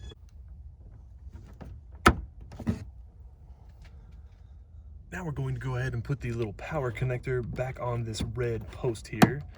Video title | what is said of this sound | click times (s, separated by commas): Installing LED Brake Lights!! | if you think you've got it in wrong it will only go in one way and then click | 2.1 s